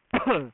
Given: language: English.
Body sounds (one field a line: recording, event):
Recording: throat vibration sensor signal played as sound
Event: cough